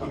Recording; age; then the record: pig call; growing-finishing pig (85 days or more)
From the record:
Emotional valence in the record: positive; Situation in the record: run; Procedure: transit